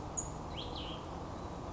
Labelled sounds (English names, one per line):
Cassin's Vireo